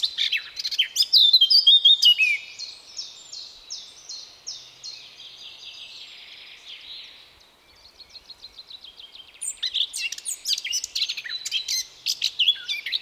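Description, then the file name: Eurasian blackcap song: a brief loud warble leads into a long run of rapidly repeated, slightly descending notes, then chattering phrases resume near the end. "Sylvia atricapilla"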